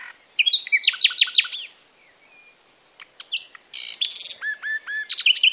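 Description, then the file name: Common nightingale song with fast repeated sharp notes, a quiet gap, then rich varied phrases of chirps, clicks and short falling whistles repeated in quick series. "Luscinia megarhynchos"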